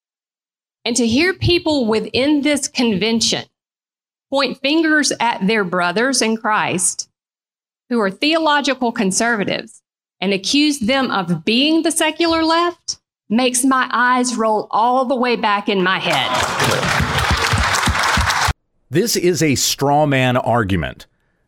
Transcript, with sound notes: And to hear people within this convention point fingers at their brothers in Christ, who are theological conservatives, and accuse them of being the secular left, makes my eyes roll all the way back in my head.” (Audience applauds.)
This is a strawman argument.